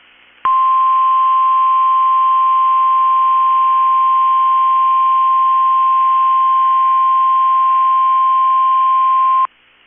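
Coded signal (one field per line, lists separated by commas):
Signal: Emergency Alert System (SAME) tones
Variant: 1050 Hz attention tone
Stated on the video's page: Required Weekly Test on NOAA weather radio station.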